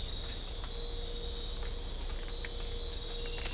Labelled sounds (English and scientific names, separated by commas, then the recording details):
none
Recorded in dense forest near Puerto Asís, Putumayo, Colombia, on 22 December 2024 at 23:00
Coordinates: 0.500, -76.322
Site G053